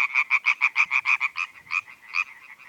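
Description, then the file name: European tree frog giving a quick run of harsh, nasal croaks that slow and fade toward the end. Several tree frogs. "Viltansou Rainettes"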